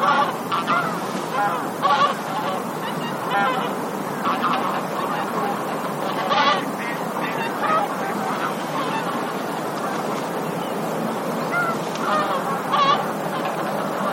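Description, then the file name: Bean goose flock calling, many honks overlapping continuously, with louder single honks standing out at times. "hisikui"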